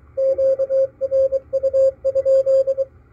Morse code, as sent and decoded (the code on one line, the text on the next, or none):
--.- .-. ..- ..--..
QRU?